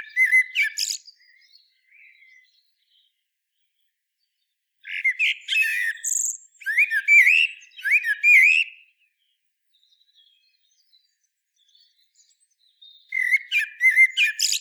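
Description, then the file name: Common blackbird singing in separate bursts with long silent gaps: mellow warbled whistles mixed with thin, squeaky high twitters. "Turdus merula"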